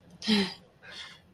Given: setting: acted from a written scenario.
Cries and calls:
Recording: vocal sound without words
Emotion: pride

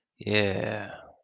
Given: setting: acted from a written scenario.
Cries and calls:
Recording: vocal sound without words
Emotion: pride

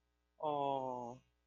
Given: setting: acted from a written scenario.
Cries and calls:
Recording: vocal sound without words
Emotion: adoration

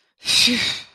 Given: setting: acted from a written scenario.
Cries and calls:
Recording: vocal sound without words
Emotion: relief

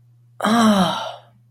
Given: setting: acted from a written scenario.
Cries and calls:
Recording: vocal sound without words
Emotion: realization

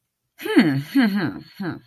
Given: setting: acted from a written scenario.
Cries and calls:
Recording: vocal sound without words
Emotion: interest

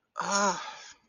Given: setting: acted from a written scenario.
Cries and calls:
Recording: vocal sound without words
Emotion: distress

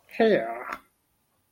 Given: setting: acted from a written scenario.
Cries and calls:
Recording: vocal sound without words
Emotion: disgust

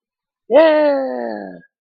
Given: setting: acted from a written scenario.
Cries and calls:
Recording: vocal sound without words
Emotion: triumph

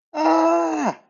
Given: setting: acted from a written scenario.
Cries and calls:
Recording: vocal sound without words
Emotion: distress

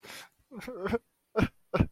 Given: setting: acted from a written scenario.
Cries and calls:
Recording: vocal sound without words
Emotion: embarrassment

